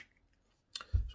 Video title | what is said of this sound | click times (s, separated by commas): my camera set up and reciew. | pop that off so it comes with the standard lens that comes with it it comes with little holes in it um | 0.8 s